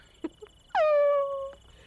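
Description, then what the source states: Sheep bleat: one clear, falling bleat lasting nearly a second, preceded by short knocks and a soft squeak, over a constant high tone. Herd of sheep.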